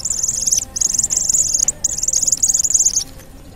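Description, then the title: Orange-headed thrush giving a rapid, buzzy, high chattering rattle in three bursts with short breaks between them. Recording features the 'cip' and 'brebetan' call types. "Anis Merah Suara Cip & Brebetan"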